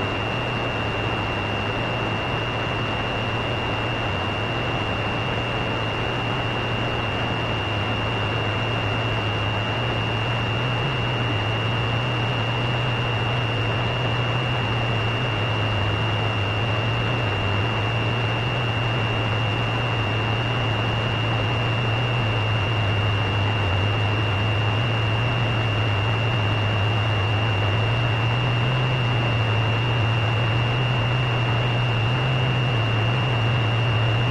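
Radio interference: a steady wash of static hiss runs the whole time, with a thin, unbroken high whine sitting on top. Underneath, a low droning hum wavers slightly in pitch, drifting up a little near the end, while the loudness stays flat throughout.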